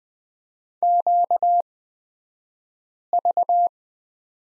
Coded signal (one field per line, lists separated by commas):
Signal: Morse code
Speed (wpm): 20 wpm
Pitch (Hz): 700 Hz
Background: none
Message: QV